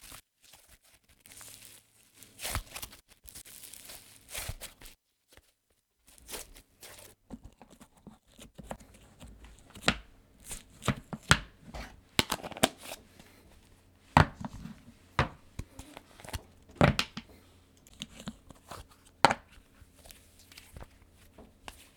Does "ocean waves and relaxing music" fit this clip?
no